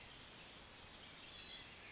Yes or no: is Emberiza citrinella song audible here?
no